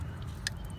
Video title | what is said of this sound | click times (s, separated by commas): How To Change The Coil In a 2006 Chrysler Town and Country Mini Van | install our connector make sure it clicks | 0.5 s